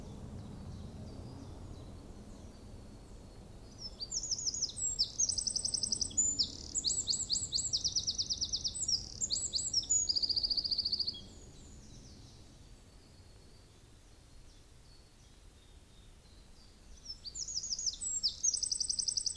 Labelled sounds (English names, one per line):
Eurasian Wren